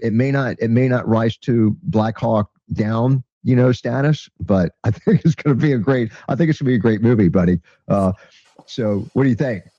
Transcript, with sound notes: It may not, it may not rise to Black Hawk Down, you know, status, but (laughs) I think it's gonna be a great, I think it's gonna be a great movie, buddy. Uh, so what do you think?